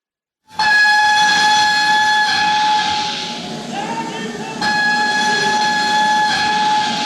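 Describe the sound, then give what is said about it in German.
Train noise at a railway station in Paris on 19 March 1871: a loud, steady steam hiss with sustained high whistle tones that dip briefly in the middle and then return at full strength, no voices. “Paris, 19. März 1871, Bahnhof.”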